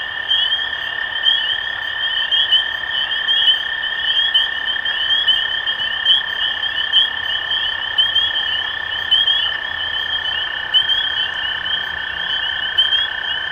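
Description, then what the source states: Dense spring peeper chorus of sharp, high rising peeps throughout, layered over a continuous lower trill. Recorded 23 March 2012.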